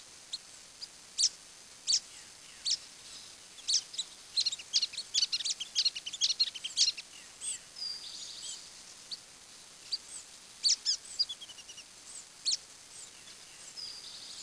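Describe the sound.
Bird calls, many short high chirps and sharp notes in scattered bursts, some quick runs of ticking notes, with a faint steady hiss behind.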